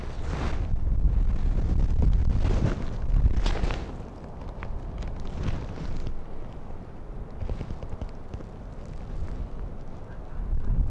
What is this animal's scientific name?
Vulpes lagopus